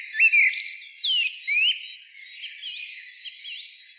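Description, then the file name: Common blackbird song, a few loud swooping whistles and a high squeal early on, then softer trailing warbles. "Turdus merula"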